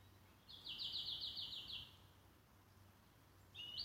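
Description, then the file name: Bird song: a quick, even, high trill of rapidly repeated notes lasting just over a second, then another trill beginning near the end, over faint low hum. "oiseau"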